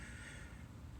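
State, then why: Not seated. A small metal spring retaining clip that popped off the automatic transmission shift cable end on a 1999 Chevy Silverado 2500 is being handled and pressed back toward the shift cable bracket, likely with needle-nose pliers, during a new cable install. A low steady hum and faint breathy noise run through the clip, with a brief louder burst at the very end at 1.0 s. Nothing has seated or clicked yet.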